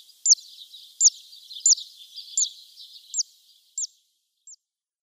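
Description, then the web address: Zitting cisticola song: sharp, high 'zip' notes repeated roughly every 0.7 seconds, growing fainter toward the end, over a light background hiss. "Schulze Peter Zitting Cisticola song"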